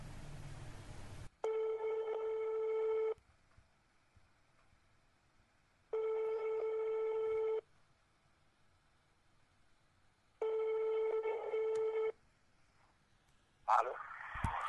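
A telephone call from Douala to Yaoundé, Cameroon rings out: after a brief burst of noise, three long, buzzy, mid-pitched ringing tones sound at steady intervals with quiet gaps, ending as the line picks up.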